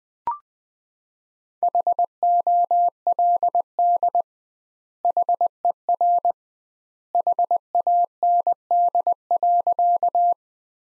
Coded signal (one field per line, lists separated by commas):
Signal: Morse code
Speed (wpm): 21 wpm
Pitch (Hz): 700 Hz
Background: none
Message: HOLD HER HAND.